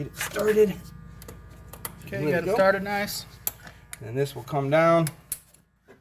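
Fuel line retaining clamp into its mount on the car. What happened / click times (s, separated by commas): The clamp snapped into its mount / 5.3 s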